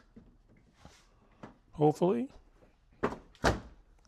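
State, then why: Seated. The front of a plastic fender trim piece is pushed up into place on the vehicle body while someone talks. It snaps in with a loud thunk at 3.0 seconds, seating the front of the trim.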